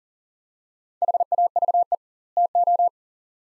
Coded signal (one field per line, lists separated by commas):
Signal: Morse code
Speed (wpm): 40 wpm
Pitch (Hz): 700 Hz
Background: none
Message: HAVE TO